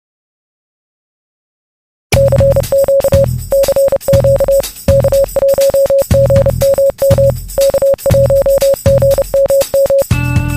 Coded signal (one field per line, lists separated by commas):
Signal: Morse code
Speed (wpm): 31 wpm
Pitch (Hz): 550 Hz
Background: music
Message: CQ CQ K1GMM K1GMM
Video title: 80 Meter Phased Dipole Array Build Overview